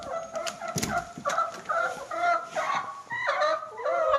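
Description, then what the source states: Chicken cackling continuously in loud, rapid repeated notes, with a brief clatter early on. Hens clucking while eating in the recordist's own henhouse.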